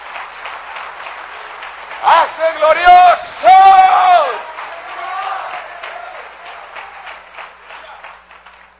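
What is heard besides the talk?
audience applauding loudly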